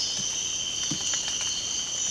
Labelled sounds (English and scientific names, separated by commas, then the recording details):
none
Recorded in dense forest near Puerto Asís, Putumayo, Colombia, on 8 March 2025 at 05:30
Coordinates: 0.486, -76.317
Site G053